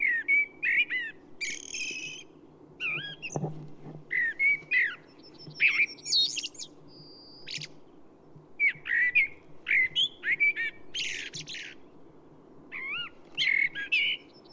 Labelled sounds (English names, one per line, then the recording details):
Common Blackbird song
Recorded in the wild
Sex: male
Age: adult
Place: Schönow, Naturpark Barnim, Brandenburg, DE
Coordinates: 52.6861, 13.5214
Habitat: bush
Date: 2005-03-31
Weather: clear, -2°C, weak wind
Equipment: Tascam DA-P1, Telinga Pro 5
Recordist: Frommolt, Karl-Heinz